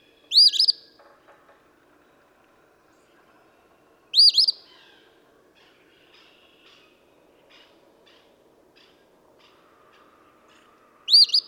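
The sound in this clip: Eastern phoebe repeating its rough 'fee-bee' song three times at uneven intervals, with faint chips and twitters in the background.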